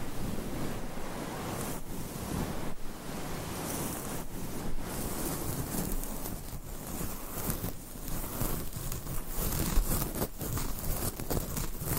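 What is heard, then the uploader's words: Dense scratching of long nails across a microphone fills every moment, a steady rough rasp broken by brief dips and sharper strokes. ASMR Mic Scratching - Brain Scratching Hypnotic Asmr No Talking for Sleep with Long Nails.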